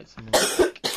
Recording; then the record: coughing mixed with background sound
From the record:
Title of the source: 30 Chesty and wet cough